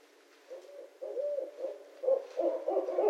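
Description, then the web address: Barred owl hooting, a run of low, muffled hoots building in loudness over about three seconds, rich and slightly wavering. Recorded on 26 February 2012. "Barred Owl 2012 02 26"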